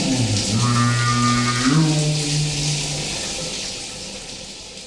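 Alpaca fart: a low, buzzy, tonal blast that steps up slightly in pitch midway and fades after about three seconds, over a steady hiss.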